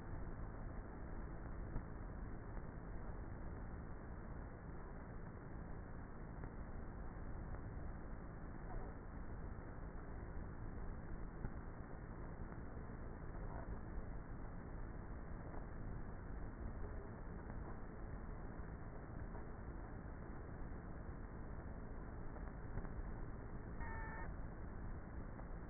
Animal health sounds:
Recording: honeybee colony, microphone inside the hive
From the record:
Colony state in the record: queenless with a low population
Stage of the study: before two queens were removed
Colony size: about 30,000 bees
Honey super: no

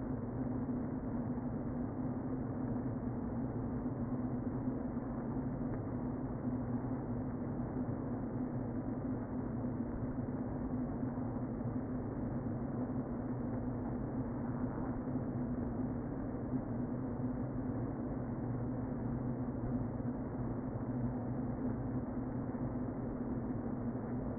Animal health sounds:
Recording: honeybee colony, microphone inside the hive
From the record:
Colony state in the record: queen present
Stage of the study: before two queens were removed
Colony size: about 60,000 bees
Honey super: yes

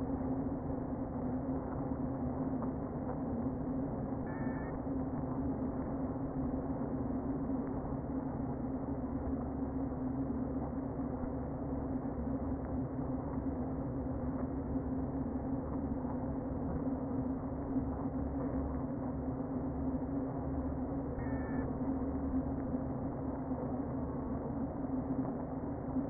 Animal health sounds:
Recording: honeybee colony, microphone inside the hive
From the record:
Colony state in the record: queen present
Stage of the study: before two queens were removed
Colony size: about 60,000 bees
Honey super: yes

